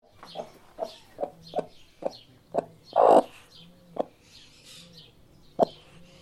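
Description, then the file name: Chicken clucks in a quick, even run of short low notes, broken by one louder, drawn-out squawk midway before the clucking resumes. Mother hen calling her chicks with a "tuc tuc tuc" call. "tieng ga me goi con tuc tuc tuc"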